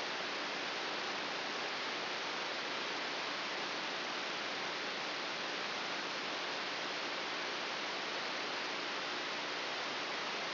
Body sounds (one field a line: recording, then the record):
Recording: brain microelectrode recording played as sound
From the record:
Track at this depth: inside the subthalamic nucleus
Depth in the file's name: 3.602 mm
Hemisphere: right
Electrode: 3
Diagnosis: Parkinson's disease